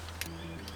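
A pre-made cable connector is being handled and pushed toward the mating connector that runs to the MPPT solar charger, where it has to sit and lock over it. Over a steady low hum, there are brief sharp transients at about 0.2 s and 0.7 s. Nothing has seated or clicked in place yet.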